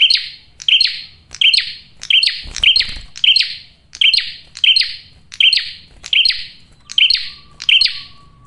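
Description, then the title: Prinia delivering a run of bright, penetrating chirps at a regular pace, each followed by a short buzzy trail. Male prenjak singing loud, clear and continuous, for use as a lure (pikat) and to draw in females. "Masteran Duet Cililin Vs Kapas Tembak. PRENJAK JANTAN GACOR SUARA JERNIH, RAPET. " COCOK UNTUK PIKAT MAUPUN PANCINGAN BETINA ""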